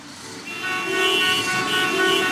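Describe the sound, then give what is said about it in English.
Car horns blare in traffic, a long steady honk swelling in after a moment and holding loud and brassy over a low engine rumble, with a second horn seeming to overlap. “Why be stuck in traffic when you could be outdoors?”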